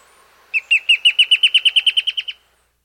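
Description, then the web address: Dusky antbird giving a steady series of about a dozen clear whistled notes, lasting under two seconds before silence. Recorded in South America. "Natures Songs S America Dusky Antbird"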